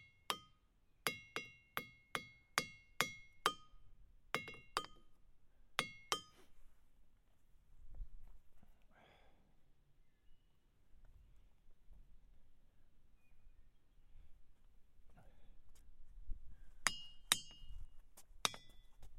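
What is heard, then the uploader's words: Rocks at Ringing Rock State Park are struck in quick succession, each hit giving a bright, clear metallic ping with a short ring. A rapid run of strikes fills the first five seconds, then a quieter stretch of shuffling and low rumble, before another cluster of pings near the end. Ringing Rock State Park. The episode is a binaural field recording of me walking around hitting rocks with a hammer for about 20 minutes. Some rocks ‘ring’ while others don’t.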